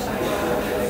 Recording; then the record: background sound without coughing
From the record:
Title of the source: 40 min - Ambience sounds UNIVERSITY lunchroom chatting